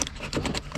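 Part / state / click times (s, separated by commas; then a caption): power window switch into its connector and console trim / not seated / none. A power window switch for a BMW E36 Compact is handled as it is plugged back onto its electrical connector and pressed toward the center console trim. Short plastic rattles and taps come through with a sharp hit at the very start. Nothing has seated or clicked into place yet.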